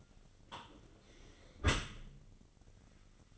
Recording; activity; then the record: daily activity, microphone in the room; close dishwasher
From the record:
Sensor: 4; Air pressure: 1003.9 hPa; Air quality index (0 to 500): 154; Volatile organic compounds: 2 ppm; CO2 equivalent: 1095 ppm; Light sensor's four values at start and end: 28/67/28/30 and 27/64/27/29